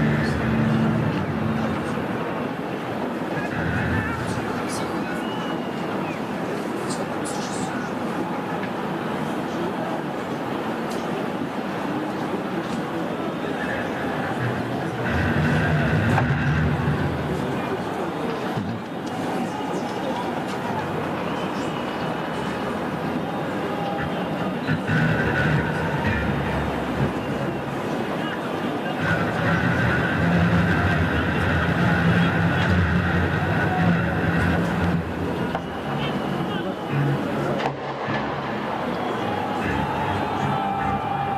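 A recording from a protest in Belarus: a dense, steady crowd roar with voices throughout and swelling chant-like tones around 15, 25 and 30 seconds.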